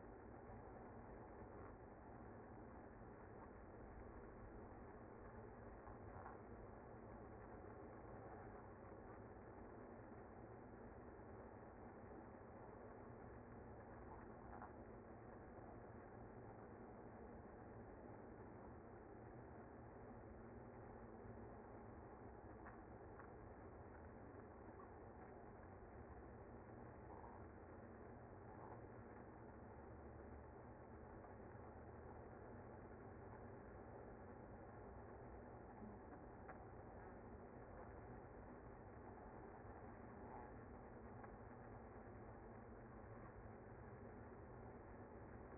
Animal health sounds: honeybee colony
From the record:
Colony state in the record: active

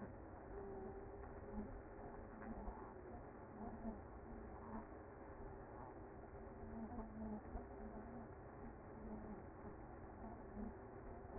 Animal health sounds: honeybee colony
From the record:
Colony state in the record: active

